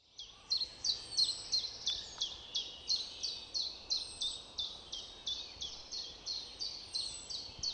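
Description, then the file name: Eurasian wren giving a long, even run of hard clicking tick notes, roughly three per second, over a soft steady background noise. "Troglodytes troglodytes"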